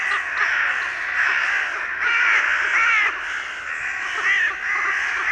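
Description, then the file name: Carrion crow calls, a near-continuous run of harsh, overlapping caws with several birds calling at once, little pause between them. "Corvus corone"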